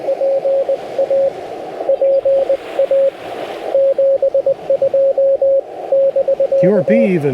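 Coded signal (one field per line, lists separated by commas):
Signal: Morse code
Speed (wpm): 17 wpm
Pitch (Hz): 550 Hz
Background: speech, radio noise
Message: PA PA 72 <BK>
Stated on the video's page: CW POTA park activation on a Yaesu FT-891 at 25 watts, with US Morse paddles and a 17-ft whip on a tripod.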